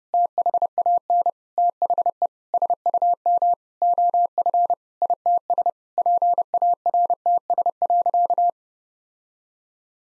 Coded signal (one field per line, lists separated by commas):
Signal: Morse code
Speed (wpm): 30 wpm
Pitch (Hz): 700 Hz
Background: none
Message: THAN THE SUM OF ITS PARTS.